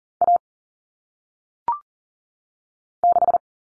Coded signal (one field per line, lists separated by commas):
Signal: Morse code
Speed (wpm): 40 wpm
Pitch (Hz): 700 Hz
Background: none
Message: A 6